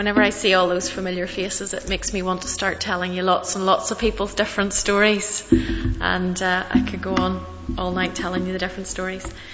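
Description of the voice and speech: A woman gives a presentation, speaking fluently and clearly with warm, varied pitch, one brief hesitation, and ordinary speech.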